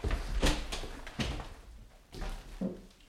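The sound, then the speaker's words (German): A door being opened: a handful of irregular wooden clunks and rattles, with a low scraping rumble in between and a final dull knock. “Na los, mach die Tür auf.”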